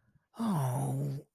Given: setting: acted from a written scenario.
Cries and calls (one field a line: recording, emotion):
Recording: vocal sound without words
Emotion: confusion